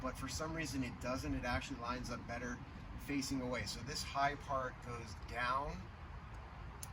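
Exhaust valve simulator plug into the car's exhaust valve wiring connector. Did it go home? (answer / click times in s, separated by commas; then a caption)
yes / 6.8 s. Someone talks while an exhaust valve simulator plug is pushed onto a C8 Corvette's exhaust valve wiring connector, oriented with the raised black part facing down because it lines up better that way. A short, sharp click is heard at 6.8 s as the connector clicks in and seats.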